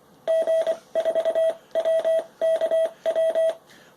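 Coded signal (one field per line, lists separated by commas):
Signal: Morse code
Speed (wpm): 24 wpm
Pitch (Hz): 650 Hz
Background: none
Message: G4WKW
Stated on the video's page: Dual-paddle key through a converter offering Ultimatic, single-paddle emulation or passthrough to the radio's built-in iambic keyer.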